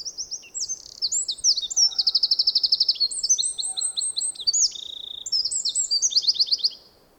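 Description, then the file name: Eurasian wren singing a long, energetic burst of high, tumbling trills and sharp twitters, including a rapid machine-gun trill, ending abruptly. "krapivnik"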